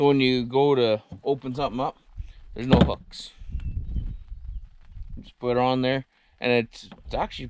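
Someone talks while handling a cabinet door in a Coachmen Apex 287BHSS RV, with faint soft taps and knocks around 3.6 to 4.9 seconds as the door is brought toward its magnetic catch, which has no hooks and is a pretty good magnet. The clip ends before the door is pushed shut onto the magnet, so nothing has seated yet.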